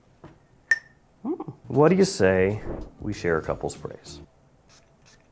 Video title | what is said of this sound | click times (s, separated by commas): NEW Rasasi Hawas Fire FIRST IMPRESSIONS - Another Must Own? | and the cap does click into place that was kind of satisfying | 0.7 s